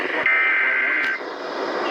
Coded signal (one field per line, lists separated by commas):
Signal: Emergency Alert System (SAME) tones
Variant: header bursts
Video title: (5/1/2021) Flash Flood Warning | EAS #729-730